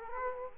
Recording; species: mosquito wingbeat signal from an infrared sensor; Culex quinquefasciatus